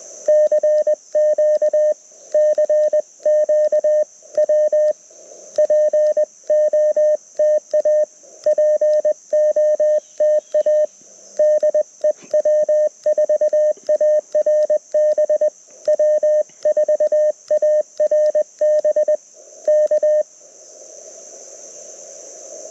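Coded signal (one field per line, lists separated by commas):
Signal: Morse code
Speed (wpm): 20 wpm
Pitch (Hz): 590 Hz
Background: radio noise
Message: CQ CQ W POTA POTA DE W4ARB W4ARB K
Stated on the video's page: QRP CW Parks on the Air activation from an LNR Precision Mountain Topper MTR4B V2.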